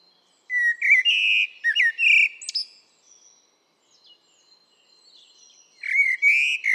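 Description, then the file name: Eurasian blackbird sings slow, clear fluted notes rising and falling, with a thin squeaky flourish, then quiet faint chirps before another mellow whistled phrase begins. "Turdus merula"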